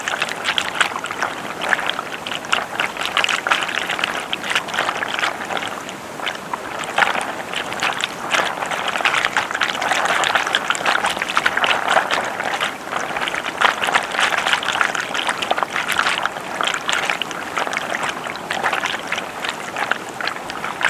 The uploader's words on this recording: The sound of a river mixed with white noise. Recorded in the field and then creative mixed with relaxing elements.